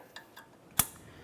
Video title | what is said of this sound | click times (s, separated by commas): How to Replace Front Strut Cap 2006-2011 Honda Civic | Press it in, listen for a click, double check to make sure each of these is secure. | 0.8 s